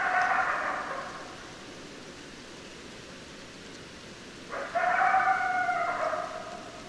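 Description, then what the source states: Coyote howls, a chorus fading at the start, then after a quiet gap another burst of overlapping wavering tones, over hiss. Several coyotes, recorded 10 December 2012.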